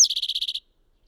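Bird song opening with one sharp high note, then a fast, even trill of about eight buzzy notes that stops abruptly.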